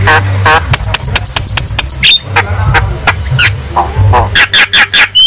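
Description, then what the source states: Javan myna song with a run of several quick repeated whistled notes, then a stream of harsh clicks and squeaks; low rumble behind. Lure recording ('pancingan') of Javan myna ('jalak kebo') song ('kicau'), meant for a bird that is not singing ('bisu').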